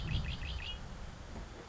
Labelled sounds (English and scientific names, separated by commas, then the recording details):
Red-winged Blackbird (Agelaius phoeniceus)
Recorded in Sonoma County, California